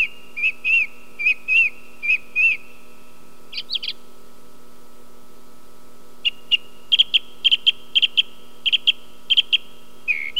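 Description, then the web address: Song thrush song with a whistled note repeated several times, a brief harsh flourish, then a run of sharp clicking notes, over a steady background hum. "sons oiseaux grive musicienne"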